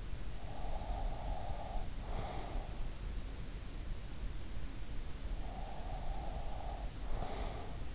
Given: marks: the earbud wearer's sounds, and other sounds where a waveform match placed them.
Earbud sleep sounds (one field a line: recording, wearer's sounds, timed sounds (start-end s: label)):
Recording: sounds in sleep by an in-ear microphone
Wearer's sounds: breath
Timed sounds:
0.27-3.31 s: breath
5.22-7.95 s: breath